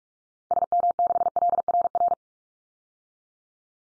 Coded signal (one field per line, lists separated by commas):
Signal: Morse code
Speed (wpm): 44 wpm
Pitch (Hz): 700 Hz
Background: none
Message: SM6LRR